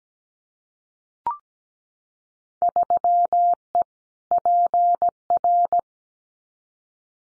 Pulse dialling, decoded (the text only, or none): none